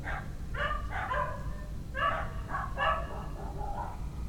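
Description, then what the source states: Dogs barking, a quick run of harmonic, hoarse barks in bursts over a steady low rumble. Dogs recorded at night in a village.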